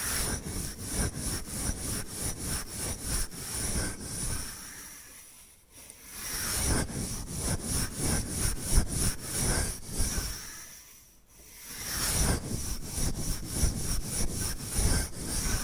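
Bamboo is tapped and scratched in a fast, busy rhythm of dry clicks and rasps with a bright, hissy edge. The activity runs in two long stretches, easing into near silence around six seconds and again near eleven before picking back up.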